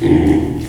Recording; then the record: squeal of a Yucatan mini pig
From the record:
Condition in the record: before surgery on the right vocal fold (resection and tissue-engineered implant); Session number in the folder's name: 2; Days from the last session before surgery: -15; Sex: female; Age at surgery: 19 weeks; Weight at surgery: 25 kg